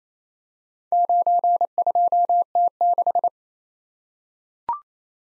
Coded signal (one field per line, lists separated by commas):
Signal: Morse code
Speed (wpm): 28 wpm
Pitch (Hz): 700 Hz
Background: none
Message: 92T6